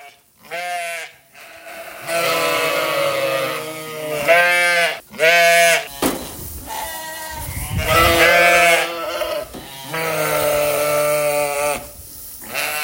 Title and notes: Ovellas Coens. escoitamos perfectamente as ovellas no campo